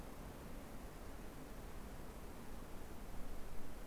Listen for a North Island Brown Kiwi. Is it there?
no